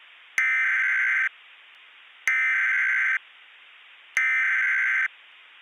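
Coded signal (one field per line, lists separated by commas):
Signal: Emergency Alert System (SAME) tones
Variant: header bursts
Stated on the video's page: Fictional analog-horror EAS scenario.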